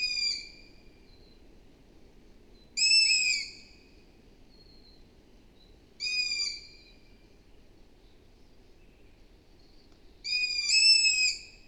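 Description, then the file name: Long-eared owl uttering shrill squeaks every three to four seconds, four calls heard, over soft background hiss. "Hibou moyen-duc - Asio otus"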